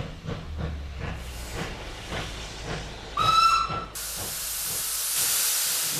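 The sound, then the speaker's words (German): A steam train puffs in steady rhythmic chuffs, gives a short shrill whistle blast, then lets out a long, loud hiss of escaping steam as it comes to a halt at a small-town station. “Außerdem verkauft er am Bahnhof der Kleinstadt Zeitungen und Süßigkeiten an die Passagiere der anhaltenden Züge.”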